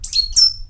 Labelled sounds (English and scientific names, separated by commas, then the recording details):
Stitchbird (Notiomystis cincta) song
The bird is a male
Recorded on Tiritiri Matangi Island, New Zealand, in 2005
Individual 22, of nest box 31